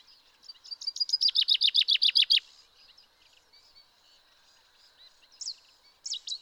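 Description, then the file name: Common chaffinch song: a quickening series of bright notes building into a run of loud downslurred notes, then a few brief sharp notes after a pause. "Fringilla coelebs"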